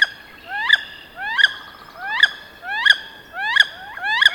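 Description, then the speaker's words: Wood duck giving about six rising, squealing whistled calls, spaced regularly under a second apart, nothing else clearly heard. Call is almost an electronic noise; made mostly during mating times, to attract females. "But here is the sound of a wood duck. So if you hear this, there might be a wood duck nearby."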